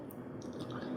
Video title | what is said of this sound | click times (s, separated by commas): How to Apply CPU Thermal Paste & Processor Upgrade i3 to i5 | அது போய் கரெக்டா இந்த இடத்துல லாக் ஆகணும். டிக்கன ஒரு சவுண்ட் வரும். அது வந்துருச்சுன்னா கனெக்ட் ஆயிடுச்சுன்னு அர்த்தம். | 0.1 s, 0.4 s